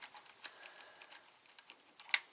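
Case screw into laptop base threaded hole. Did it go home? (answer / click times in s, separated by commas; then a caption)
no / none. A small metal case screw is turned backward in a threaded hole of a laptop base, producing faint ticks and scrapes with a few sharper taps. The clip ends while the screw is still being handled, and nothing has seated or clicked yet.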